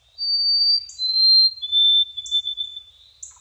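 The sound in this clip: White-throated Sparrow song: clear, pure whistled notes, each a little lower than the last, the third a long drawn whistle, then a shorter, slightly higher whistle, with short high chips sounding between them.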